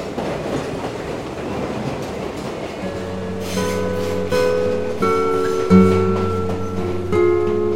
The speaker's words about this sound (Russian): Когда поезд тронулся, они узнали о том, что значит потерять близкого человека.